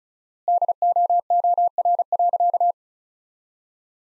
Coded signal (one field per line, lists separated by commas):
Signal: Morse code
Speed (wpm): 36 wpm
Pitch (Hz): 700 Hz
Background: none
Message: DOOR.